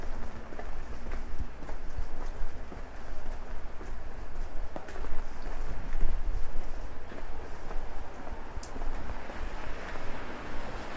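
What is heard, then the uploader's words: Dense, steady patter of rain tapping on an umbrella, with sharp drips over a low rumble of city traffic throughout. WALKING IN THE RAIN DOWNTOWN KOREA. The gentle pitter-patter of rain drops on your umbrella, combined with the sounds of a busy downtown Korean city at night.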